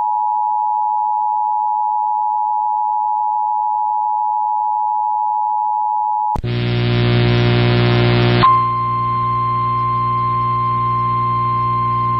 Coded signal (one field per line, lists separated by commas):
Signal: Emergency Alert System (SAME) tones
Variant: 853 and 960 Hz attention tone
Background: music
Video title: PDS TOR On 105.9 The Rock EAS #554